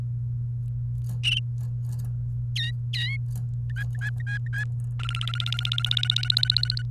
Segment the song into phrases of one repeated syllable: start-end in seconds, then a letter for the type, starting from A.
2.55-3.17 A, 3.70-4.64 B, 4.99-6.82 C